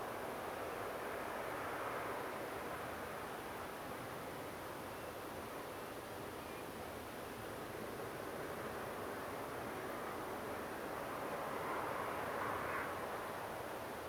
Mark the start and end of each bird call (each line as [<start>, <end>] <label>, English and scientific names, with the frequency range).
[4.92, 5.10] Common Ringed Plover (Charadrius hiaticula) (2.6-2.8 kHz)
[5.71, 5.92] Common Ringed Plover (Charadrius hiaticula) (2.6-2.9 kHz)
[6.41, 6.62] Common Ringed Plover (Charadrius hiaticula) (2.3-2.6 kHz)